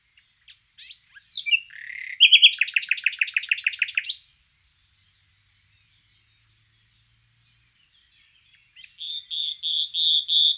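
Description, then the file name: Common nightingale song with short introductory notes and a rapid, loud rattle of repeated notes for about two seconds, a long silence, then a series of pure sustained whistles. "Luscinia megarhynchos"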